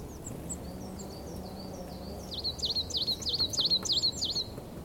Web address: linnut kuusitiainen